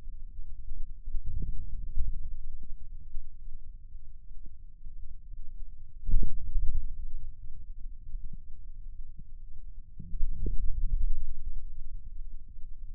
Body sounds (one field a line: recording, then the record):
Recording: forearm muscle sounds (acoustic myography)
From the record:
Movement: wrist extension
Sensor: system 2, bracelet of six BSWA MPA416 microphones around the upper forearm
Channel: 1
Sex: male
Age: 22 years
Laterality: right